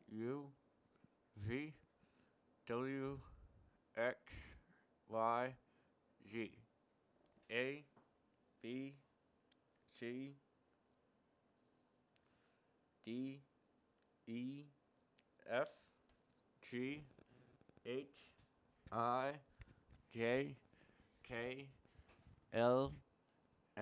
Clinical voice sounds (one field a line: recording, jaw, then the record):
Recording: letters of the alphabet, spoken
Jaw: constrained by a bite bar between the teeth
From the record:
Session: first day, right after the free take